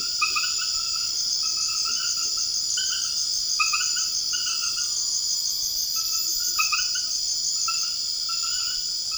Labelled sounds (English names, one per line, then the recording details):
none
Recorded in secondary vegetation near Puerto Asís, Putumayo, Colombia, on 12 March 2025 at 22:30
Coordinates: 0.488, -76.319
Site G095